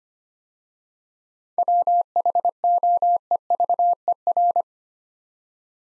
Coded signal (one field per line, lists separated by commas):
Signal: Morse code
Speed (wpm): 25 wpm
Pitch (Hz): 700 Hz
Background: none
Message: WHOEVER